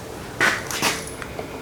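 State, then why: Not seated. During a big-bore motorcycle engine rebuild, an unnamed engine part, possibly a piston pin circlip, is handled before being fitted ahead of greasing the foot gasket surfaces around the piston. Brief scraping and light metallic handling sounds come at about 0.4 s, 0.7 to 0.9 s and 1.2 s over a quiet background. Nothing has seated or clicked yet.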